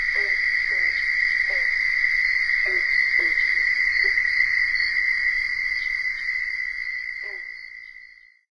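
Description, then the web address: Southern toad trill, a steady ringing trill held for about eight seconds, with a few short lower sounds underneath. Recorded in North America. "Songs of Frogs Toads of North America. Southern Toad"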